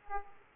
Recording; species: mosquito wingbeat signal from an infrared sensor; Aedes aegypti